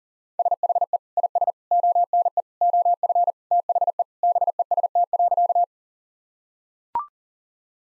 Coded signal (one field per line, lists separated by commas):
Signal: Morse code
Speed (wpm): 40 wpm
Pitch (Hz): 700 Hz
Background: none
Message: SHE IS ONE OF THE BEST.